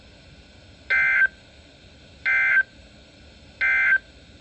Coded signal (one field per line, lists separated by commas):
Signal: Emergency Alert System (SAME) tones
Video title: EAS 2024-2042 (7/20 - 8/17/22)